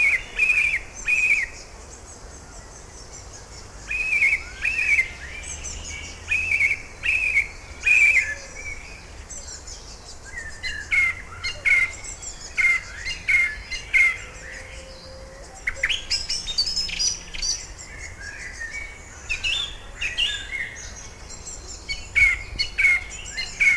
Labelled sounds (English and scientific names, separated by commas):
Song Thrush (Turdus philomelos) song